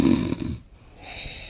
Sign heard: Male snoring.